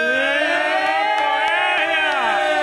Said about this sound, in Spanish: Pegar gritos, son las 2 de la mañana, pero quiero que despertéis a mi vecino.